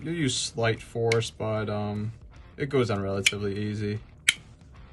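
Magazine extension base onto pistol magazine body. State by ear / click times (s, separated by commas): seated / 4.3 s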